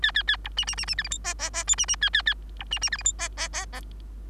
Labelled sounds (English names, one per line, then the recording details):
Bengalese Finch song
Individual Bird3